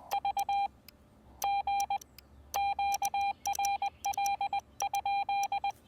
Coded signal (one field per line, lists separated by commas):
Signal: Morse code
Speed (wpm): 20 wpm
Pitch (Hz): 800 Hz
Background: none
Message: V G QRL?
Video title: The New Xiegu X6200: Real-World POTA Test on the Blue Ridge Parkway